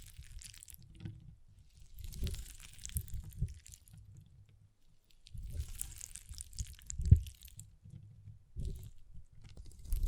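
Water beads shift and squish in uneven bursts, with soft low rumbling underneath and a wet, crunchy crackle above. Activity swells around two to three seconds and again from five to seven, with a sharp pop near seven seconds, then quieter patches between.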